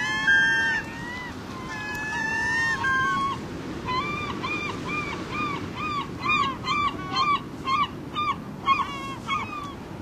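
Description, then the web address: Glaucous-winged gull with several long, wavering mewing notes, then a fast series of short, clipped calls. North America. "Songs of Birds of North America Stokes. Glaucous-winged Gull"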